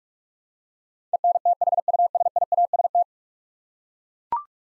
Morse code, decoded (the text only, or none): ENTHUSIAST